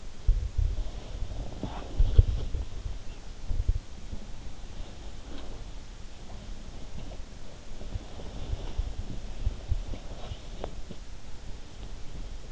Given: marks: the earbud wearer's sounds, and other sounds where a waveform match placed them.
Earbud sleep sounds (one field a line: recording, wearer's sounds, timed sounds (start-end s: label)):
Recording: sounds in sleep by an in-ear microphone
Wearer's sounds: body movement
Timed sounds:
0.00-12.52 s: body movement